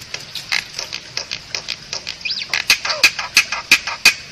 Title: Kicauan Rapat Jalak Putih Gacor Banyak Variasi Untuk Masteran